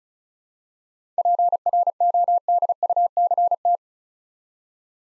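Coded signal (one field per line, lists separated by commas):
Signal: Morse code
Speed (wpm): 35 wpm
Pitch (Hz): 700 Hz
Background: none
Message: PRODUCT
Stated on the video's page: Morse word-copy practice drill at 35 wpm: seven-letter words, each sent twice for head-copy training.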